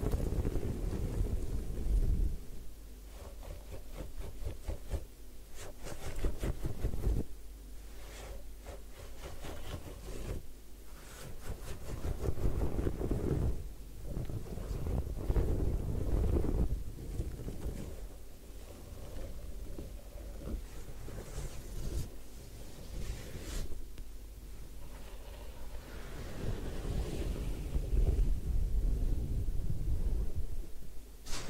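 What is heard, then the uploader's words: Head spa hair washing: a dense, rushing wash of water and rubbing fills the clip, swelling and easing every few seconds. Quick scratchy strokes and crackles cut through repeatedly, with a steady low rumble underneath throughout. Head Spa Hair Wash, Massage, Ear Cleaning (No Talking).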